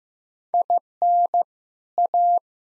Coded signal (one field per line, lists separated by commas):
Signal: Morse code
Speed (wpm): 15 wpm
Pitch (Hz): 700 Hz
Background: none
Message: IN A